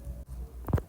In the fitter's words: que segura o processador na placa-mãe, e até travar.